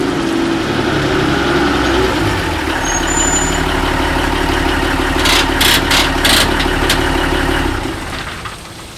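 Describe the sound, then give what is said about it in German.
A delivery van's engine rumbles steadily at a low idle while reversing up to a loading dock on a rainy night, with a cluster of short, sharp hissing bursts partway through before the engine noise eases off at the end. “fuhr den Lieferwagen rückwärts an die Laderampe.”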